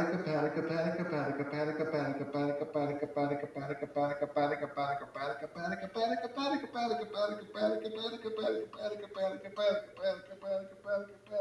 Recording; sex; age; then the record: repeated syllables /pa ta ka/; male; 30 to 39 years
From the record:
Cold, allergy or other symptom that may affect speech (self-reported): no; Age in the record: 33 years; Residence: Connecticut, United States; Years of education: 17